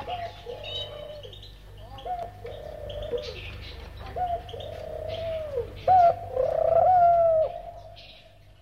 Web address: versi degli animali tortora